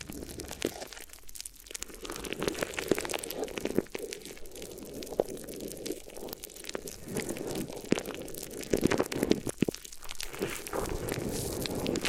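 Crinkly ear massage: a steady run of crackling, crinkling rustles that keeps going for the whole twelve seconds with no real pauses. Sharp little snaps and crunches pop out of the rustling every second or so, and the overall level stays fairly even.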